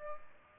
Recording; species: mosquito wingbeat signal from an infrared sensor; Aedes aegypti